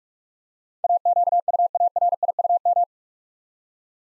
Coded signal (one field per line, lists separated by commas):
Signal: Morse code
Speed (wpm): 44 wpm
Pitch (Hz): 700 Hz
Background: none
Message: AQUARIUM